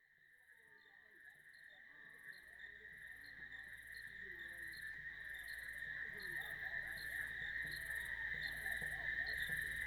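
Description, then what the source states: Cricket trilling continuously with regular high pulses, the whole sound swelling steadily louder from a quiet start. Cricket recorded in a village.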